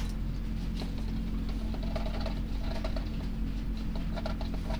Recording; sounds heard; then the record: poultry house recording; no chicken sound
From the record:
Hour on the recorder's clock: 2